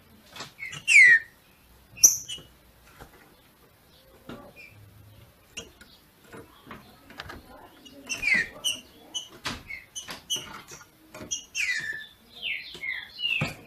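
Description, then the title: Green-winged saltator giving scattered loud downslurred whistles and later a quicker phrase of notes, amid recurring clicks and tapping. Female singing a male-like song (macheando) to stimulate the male. "FÊ MEA DE TRINCA FERRO MACHEANDO PARA ESQUENTAR O MACHO"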